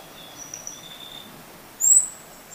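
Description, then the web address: Orange-breasted Fruiteater uttering one sharp, high, thin rising whistle near the end, with faint high tones sounding earlier. Recorded in Ecuador. "Birds of Ecuador. Orange-breasted Fruiteater"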